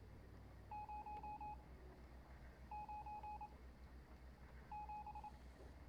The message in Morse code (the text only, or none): 097